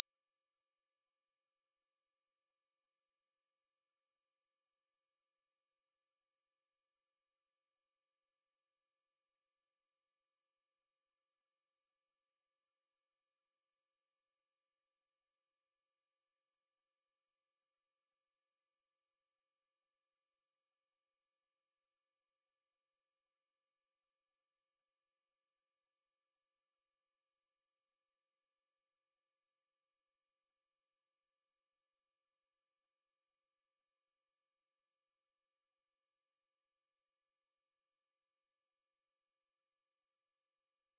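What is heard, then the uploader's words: A pure 5858 Hz sine tone holds perfectly steady and unchanging for the full forty seconds, high and thin, with nothing else audible. 5858 Hz 1 Hz Interval Sine Pure Tone Frequency 441000 Sample Mono.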